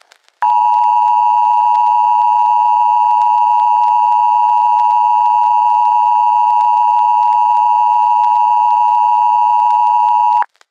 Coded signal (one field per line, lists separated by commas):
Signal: Emergency Alert System (SAME) tones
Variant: 853 and 960 Hz attention tone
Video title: T. E. I. A [EAS MOCK]